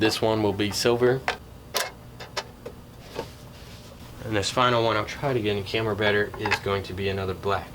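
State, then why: Not seated. Someone talks while handling the last black propeller of an Ehang Ghost Drone 2.0, getting it ready to twist-lock onto its drone motor mount. A few faint handling ticks are heard between the talk. Nothing has seated or clicked yet.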